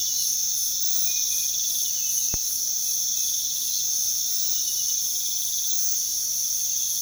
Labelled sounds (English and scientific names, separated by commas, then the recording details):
none
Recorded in pastures near Puerto Asís, Putumayo, Colombia, on 21 February 2024 at 05:00
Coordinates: 0.468, -76.328
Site G6414